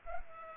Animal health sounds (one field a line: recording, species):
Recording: mosquito wingbeat signal from an infrared sensor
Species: Culex pipiens